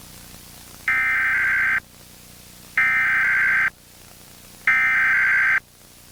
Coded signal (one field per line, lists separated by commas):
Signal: Emergency Alert System (SAME) tones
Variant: header bursts